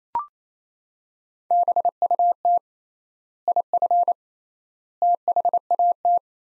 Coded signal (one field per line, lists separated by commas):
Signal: Morse code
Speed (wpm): 28 wpm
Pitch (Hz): 700 Hz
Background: none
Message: BUT IF THAT